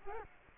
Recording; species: mosquito wingbeat signal from an infrared sensor; Culex quinquefasciatus